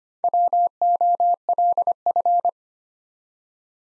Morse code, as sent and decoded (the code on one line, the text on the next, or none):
.-- --- .-.. ..-.
WOLF